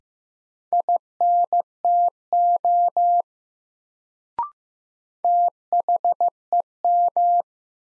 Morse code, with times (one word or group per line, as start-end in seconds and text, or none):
0.7-3.2 INTO
5.2-7.4 THEM